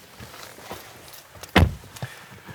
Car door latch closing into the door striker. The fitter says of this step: as the soft closed door clicks into place you settle yourself behind the wheel